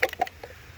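An ignition wire connector (spark plug wire boot) is pushed onto the coil pack of a V8 M113 engine in a 2000 Mercedes-Benz ML430 W163. It snaps on with a sharp, audible click at 0.0 s, followed by a few fainter ticks at 0.1, 0.2 and 0.3 s and a soft knock near 0.4 s. The connector seats; this click can be heard, though such clicks are usually felt rather than heard.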